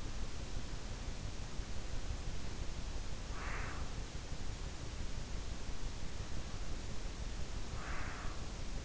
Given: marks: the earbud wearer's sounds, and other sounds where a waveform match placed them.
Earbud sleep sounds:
sounds in sleep by an in-ear microphone; breath
3.31-4.02 s: breath
7.77-8.45 s: breath

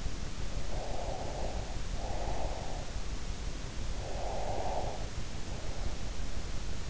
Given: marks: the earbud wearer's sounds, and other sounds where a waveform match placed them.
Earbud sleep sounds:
sounds in sleep by an in-ear microphone; breath
0.66-2.99 s: breath
3.92-6.32 s: breath

